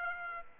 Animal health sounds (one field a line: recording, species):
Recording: mosquito wingbeat signal from an infrared sensor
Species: Aedes aegypti